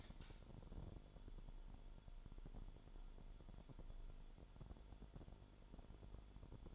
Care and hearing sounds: daily activity, microphone in the room; light off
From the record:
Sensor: 5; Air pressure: 1008.0 hPa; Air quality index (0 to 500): 103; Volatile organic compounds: 1 ppm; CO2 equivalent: 803 ppm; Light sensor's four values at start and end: 30/70/28/27 and 30/71/29/28

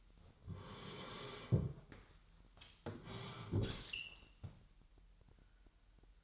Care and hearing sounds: daily activity, microphone in the room; sit down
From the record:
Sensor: 3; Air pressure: 998.6 hPa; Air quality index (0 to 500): 128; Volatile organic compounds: 3 ppm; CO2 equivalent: 1527 ppm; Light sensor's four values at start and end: 10/22/10/11 and 8/20/8/9

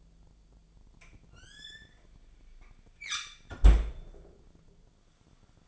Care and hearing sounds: daily activity, microphone in the room; close fridge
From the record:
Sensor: 5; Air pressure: 1009.8 hPa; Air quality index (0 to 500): 163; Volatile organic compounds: 4 ppm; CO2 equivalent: 1584 ppm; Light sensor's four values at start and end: 112/288/120/128 and 110/284/118/125

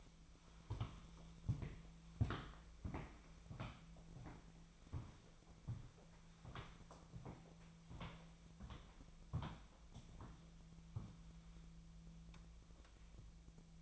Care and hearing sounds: daily activity, microphone in the room; walk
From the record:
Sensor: 1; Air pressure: 1008.3 hPa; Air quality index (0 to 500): 190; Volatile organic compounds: 17 ppm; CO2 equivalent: 2580 ppm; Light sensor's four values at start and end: 16/42/17/19 and 17/43/18/20

